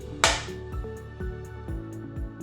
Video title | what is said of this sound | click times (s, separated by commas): Lalo - The Infant Support - How to Assemble and Remove the Infant Support | Line it up and push firmly on one side with your thumb or palm of your hand till you hear it click. | 0.2 s